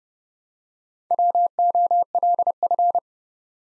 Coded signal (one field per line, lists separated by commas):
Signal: Morse code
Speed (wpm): 30 wpm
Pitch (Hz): 700 Hz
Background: none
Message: WOLF